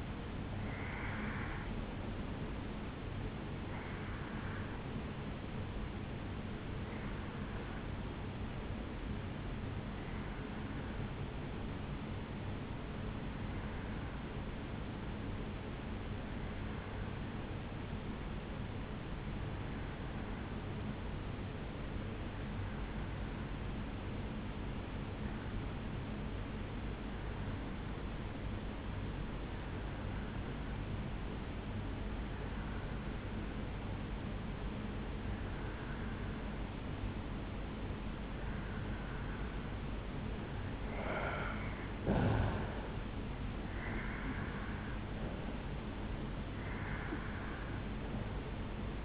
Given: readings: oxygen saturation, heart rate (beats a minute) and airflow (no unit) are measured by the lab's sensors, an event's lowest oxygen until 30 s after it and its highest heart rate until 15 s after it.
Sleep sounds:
breathing in sleep by a voice recorder at the bedside; 1
6.00-39.20 s: hypopnea (REM, oxygen 96% highest, then 85% lowest, heart rate 62 at the start, 75 highest)
From the record:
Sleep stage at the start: REM sleep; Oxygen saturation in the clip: 86 to 96%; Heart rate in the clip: 54 to 76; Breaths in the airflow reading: 11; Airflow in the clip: -7.8 to 5.8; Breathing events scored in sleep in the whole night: 449 in 7.0 hours asleep

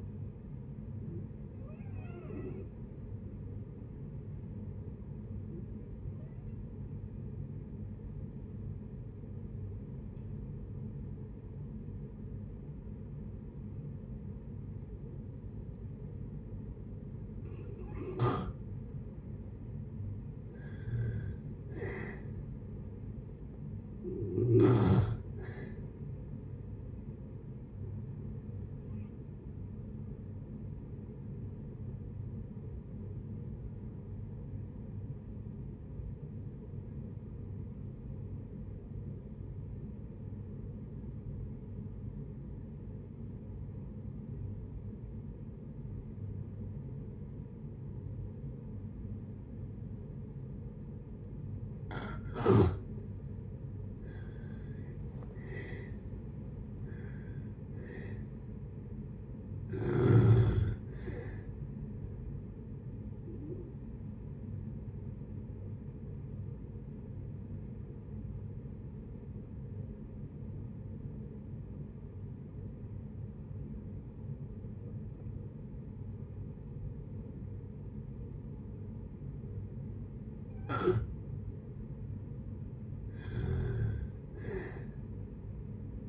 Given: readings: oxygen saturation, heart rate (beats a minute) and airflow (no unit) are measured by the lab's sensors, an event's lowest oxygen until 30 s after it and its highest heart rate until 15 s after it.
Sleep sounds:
breathing in sleep by a smartphone at the bedside; 3
3.00-19.70 s: hypopnea (N2, oxygen 94% highest, then 86% lowest, heart rate 69 at the start, 69 highest)
33.00-53.60 s: obstructive apnea (N2, oxygen 94% highest, then 78% lowest, heart rate 65 at the start, 76 highest)
47.00-86.09 s: new sleep stage, N1 (lightest sleep)
68.00-81.60 s: obstructive apnea (N1, oxygen 89% highest, then 86% lowest, heart rate 63 at the start, 69 highest)
From the record:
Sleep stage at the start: N2 (light sleep); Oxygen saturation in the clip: 78 to 94%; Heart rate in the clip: 56 to 76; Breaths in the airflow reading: 14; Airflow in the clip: -7.4 to 8.2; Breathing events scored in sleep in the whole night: 496 in 5.4 hours asleep

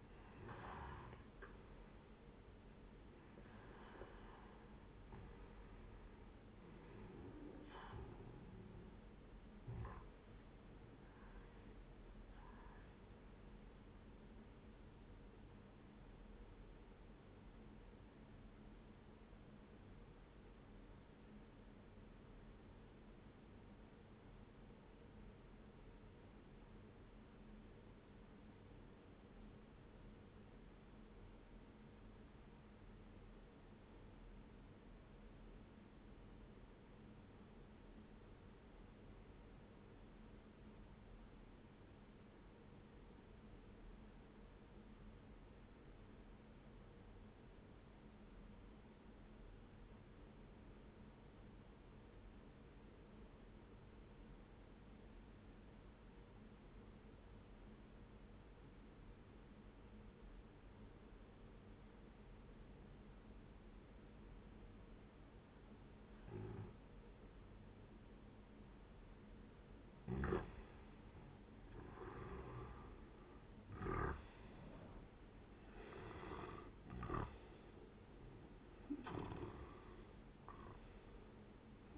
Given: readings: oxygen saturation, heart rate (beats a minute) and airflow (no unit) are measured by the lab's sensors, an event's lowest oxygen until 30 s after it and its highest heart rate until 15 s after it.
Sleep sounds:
breathing in sleep by a voice recorder at the bedside; 1
19.00-68.60 s: obstructive apnea (N1, oxygen 98% highest, then 89% lowest, heart rate 67 at the start, 78 highest)
29.00-81.98 s: new sleep stage, N2 (light sleep)
From the record:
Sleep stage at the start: N1 (lightest sleep); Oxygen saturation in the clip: 89 to 98%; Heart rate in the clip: 61 to 79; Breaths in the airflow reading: 7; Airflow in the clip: -13.1 to 14.8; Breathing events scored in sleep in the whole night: 131 in 7.2 hours asleep

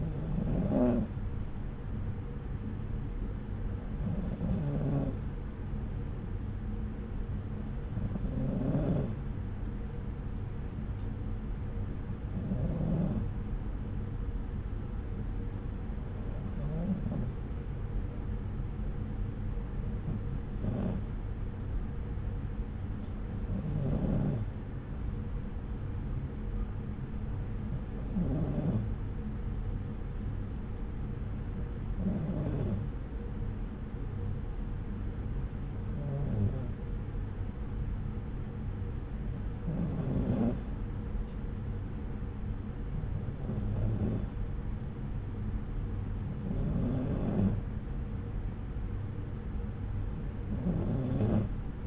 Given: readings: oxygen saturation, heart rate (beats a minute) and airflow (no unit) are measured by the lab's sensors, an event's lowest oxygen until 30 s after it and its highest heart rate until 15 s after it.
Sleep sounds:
breathing in sleep by a smartphone at the bedside; none
none scored
From the record:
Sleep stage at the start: N2 (light sleep); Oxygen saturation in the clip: 93 to 94%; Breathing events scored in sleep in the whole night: 303 in 8.1 hours asleep

